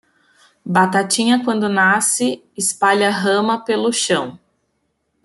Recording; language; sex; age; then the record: short text; Brazilian Portuguese; female; 30 to 39 years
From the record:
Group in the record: control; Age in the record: 37 years